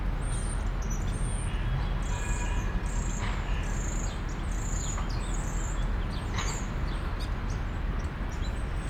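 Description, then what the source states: European starling calls, thin high whistles and squeaky chattering notes repeated throughout over a constant low rumble of traffic. Starlings in plane trees, Parc Pierron, Molenbeek-Saint-Jean, Brussels, Belgium; car and tram traffic also heard; recorded with Lom mikroUsi AB microphones into a Deity PR-2.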